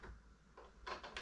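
A plastic cockpit piece is placed over a round peg on a McFarlane 1989 Batmobile toy (The Flash version) and clipped on; it is not magnetic but fits very well. Soft plastic handling and a faint knock near 0.6 s lead into louder rubbing, then a sharp click at 1.2 s as the cockpit seats in place.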